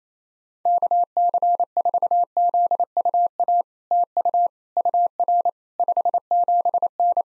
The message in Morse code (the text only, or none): KC4ZUA TU UR 57N